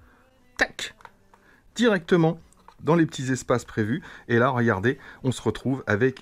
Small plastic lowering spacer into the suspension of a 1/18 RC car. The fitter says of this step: Mais ça vient se clipser là. Tac! Directement